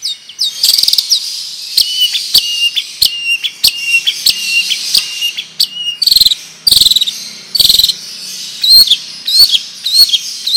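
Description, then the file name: Long-tailed shrike song: a fast jumble of high chirps, sharp clicks and bending whistled notes, with bursts and short gaps throughout. Song style called 'ngerol panjang' (long roll); bird described as 'gacor', singing actively. "Burung Cendet Ngerol Panjang Gacor"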